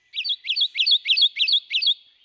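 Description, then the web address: Kentucky Warbler singing a rich, rolling chant of six matching two-note phrases at a fast even pace, followed by a brief low thump at the very end. "birdnote-daily- episodio kentucky-warbler"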